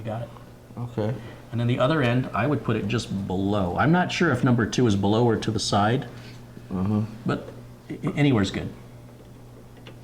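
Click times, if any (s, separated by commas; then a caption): 9.9 s. Someone talks while the other end of a SATA data cable is plugged into a SATA port on a motherboard, finishing a computer build. A short, faint click is heard at 9.9 s as the cable seats in the port.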